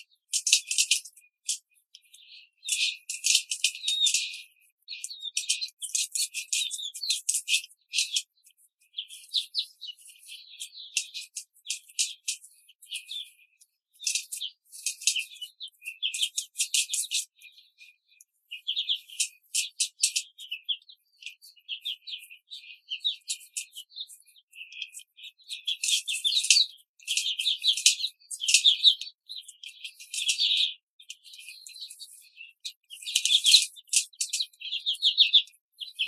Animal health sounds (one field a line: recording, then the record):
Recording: young laying hens in a cage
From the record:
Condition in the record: control cage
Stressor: none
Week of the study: 5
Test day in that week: 1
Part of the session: 1